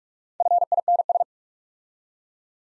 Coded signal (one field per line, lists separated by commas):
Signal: Morse code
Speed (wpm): 46 wpm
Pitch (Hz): 700 Hz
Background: none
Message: FINS